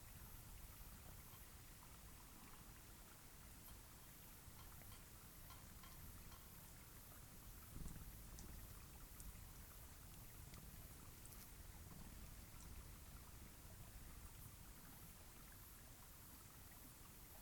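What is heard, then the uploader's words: A cloudy night beside a mountain lake: a steady, dense hiss fills the air, flecked with faint scattered ticks like light drops. A soft low rumble runs underneath throughout, and one brief dull bump stands out around eight seconds. This was recorded on a cloudy night beside Taylor Lake in the Russian Wilderness, Klamath National Forest, Siskiyou County, California. The recording starts at around midnight and continues until sunrise. The night was fairly calm with a faint breeze blowing through the treetops. Midnight Till Morning Beside Taylor Lake.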